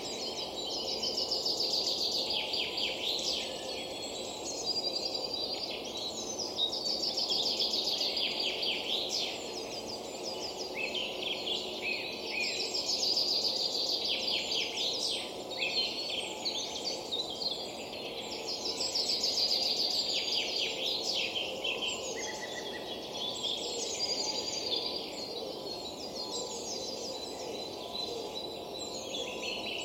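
Dense, overlapping birdsong fills a spring forest morning, bright chirps and trills swelling and fading in waves over a low steady hum.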